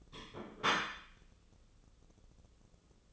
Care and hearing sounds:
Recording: daily activity, microphone in the room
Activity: place plate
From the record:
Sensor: 4

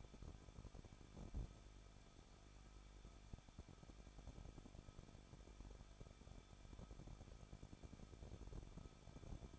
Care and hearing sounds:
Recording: daily activity, microphone in the room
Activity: no activity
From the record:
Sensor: 5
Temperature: 20.9 degrees Celsius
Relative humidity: 38.2%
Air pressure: 1006.4 hPa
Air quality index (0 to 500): 189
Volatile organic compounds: 19 ppm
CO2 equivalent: 2663 ppm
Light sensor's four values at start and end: 2/3/1/1 and 2/3/1/1

